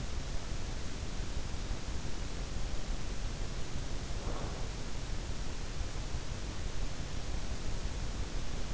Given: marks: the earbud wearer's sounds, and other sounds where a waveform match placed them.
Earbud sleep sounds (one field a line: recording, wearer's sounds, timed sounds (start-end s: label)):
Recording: sounds in sleep by an in-ear microphone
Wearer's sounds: breath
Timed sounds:
3.98-4.84 s: breath